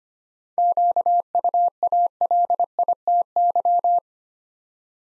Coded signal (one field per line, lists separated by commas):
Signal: Morse code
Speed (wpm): 25 wpm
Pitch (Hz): 700 Hz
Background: none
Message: QUALITY